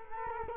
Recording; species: mosquito wingbeat signal from an infrared sensor; Culex quinquefasciatus